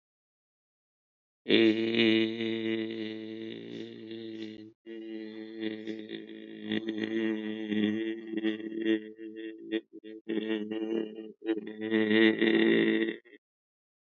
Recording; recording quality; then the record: sustained vowel as in made; excellent, no background noise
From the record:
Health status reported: healthy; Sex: male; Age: 60 years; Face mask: worn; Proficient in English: yes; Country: India